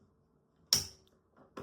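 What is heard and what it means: The last detachable plastic part is inserted into the body of a Caydo electric yarn winder and pressed in further, giving a sharp, bright click at 0.7 s as it seats home. A faint tick follows near 1.1 s, then a soft rustle and a quieter knock around 1.4–1.6 s.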